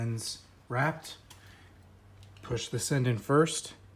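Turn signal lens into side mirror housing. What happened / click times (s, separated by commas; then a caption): The lens is being handled and pushed but has not yet snapped home / none. Someone talks while handling a wrapped, tinted plastic turn signal lens for a Focus RS side mirror, getting ready to push it end-first into the mirror housing. Two faint ticks come around 2.2 and 2.4 seconds, but nothing has seated or clicked into place yet.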